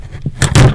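A RAM stick is pushed into the motherboard DIMM slot of an HP computer, with faint taps at about 0.2 and 0.3 s before two loud, sharp clicks at 0.4 and 0.6 s as the retention clips snap shut. The module is seated properly.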